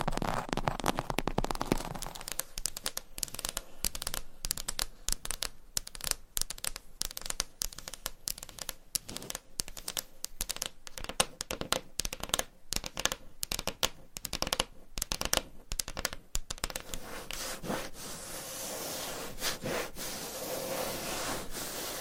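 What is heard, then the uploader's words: Tapping and scratching on a wooden surface: dense, irregular clicks and scrapes pile up quickly through most of the stretch, sharp and bright. Near the start a lower rubbing sound blends in, and toward the end the taps thin out into a smoother, softer scratching. Tapping and Scratching.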